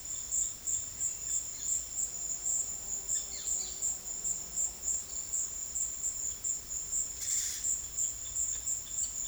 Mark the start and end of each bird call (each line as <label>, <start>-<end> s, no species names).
bird call, 3.07-3.75 s
bird call, 7.18-7.66 s
bird call, 7.97-9.27 s